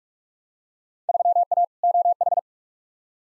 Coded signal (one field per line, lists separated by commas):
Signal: Morse code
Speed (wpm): 43 wpm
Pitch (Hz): 700 Hz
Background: none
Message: 3A OH